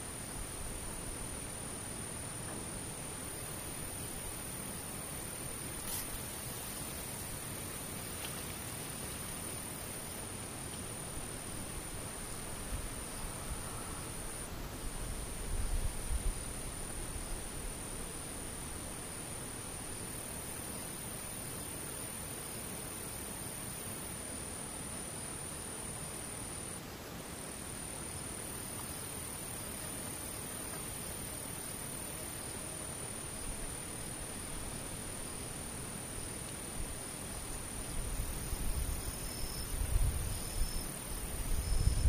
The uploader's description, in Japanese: 無音遠くにムシ